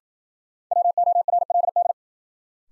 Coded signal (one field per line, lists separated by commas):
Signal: Morse code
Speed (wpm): 53 wpm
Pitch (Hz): 700 Hz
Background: none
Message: WORLD